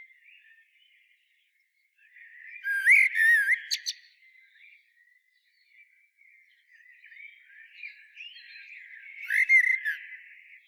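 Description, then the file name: Common blackbird singing two low, flute-like phrases, the first closing with a thin, high squeak. "Turdus merula"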